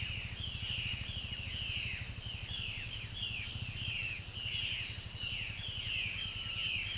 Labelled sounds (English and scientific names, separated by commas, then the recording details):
Violaceous Jay (Cyanocorax violaceus), Undulated Tinamou (Crypturellus undulatus)
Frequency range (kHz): Violaceous Jay (Cyanocorax violaceus) 1.3-4.0 kHz
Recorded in pastures near Puerto Asís, Putumayo, Colombia, on 21 February 2024 at 06:30
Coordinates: 0.486, -76.323
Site G6462